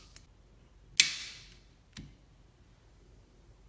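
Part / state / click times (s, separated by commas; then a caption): wiper blade adapter latch cap on windshield wiper arm J-hook / seated / 1.0 s. The plastic latch cap on a new windshield wiper blade's adapter is pressed shut on a 2014 Toyota Sienna XLE, after the wiper arm's J-hook has been hooked into the blade and the blade slid upward. A sharp, loud snap rings out at 1.0 s, with faint ticks near 0.2 s and 2.0 s. The cap snaps shut and the blade is seated on the arm.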